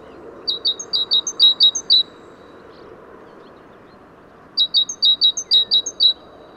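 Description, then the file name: Great tit song, ringing paired notes repeated quickly in two bursts separated by a pause, with steady low background noise. "Parus major"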